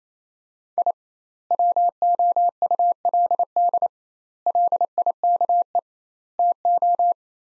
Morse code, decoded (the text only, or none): I WOULD LIKE TO